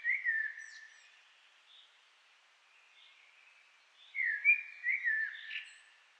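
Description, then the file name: Common blackbird song: a mellow warbled phrase at the start, a quiet pause, then a longer fluted phrase of several notes. "Turdus merula"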